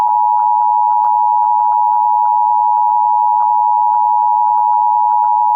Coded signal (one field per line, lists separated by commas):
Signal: Emergency Alert System (SAME) tones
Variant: 853 and 960 Hz attention tone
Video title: Civil Emergency Message on TV! (EAS #723)